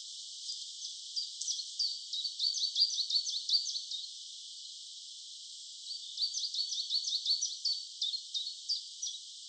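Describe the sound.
A bird sings two bursts of rapid, high, sharp notes. Each strophe lasts about three seconds, and a short pause separates the two.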